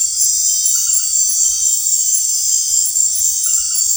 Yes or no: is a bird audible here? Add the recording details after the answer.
no. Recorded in secondary vegetation near Puerto Asís, Putumayo, Colombia, on 19 March 2025 at 20:00. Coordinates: 0.499, -76.323. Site G094